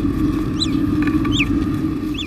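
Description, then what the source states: Naked mole rat soft chirps, three brief arched high notes spaced under a second apart, over a steady low hum. Soft chirp from one laboratory colony; each colony's soft chirp has a slightly distinct sound, a colony dialect.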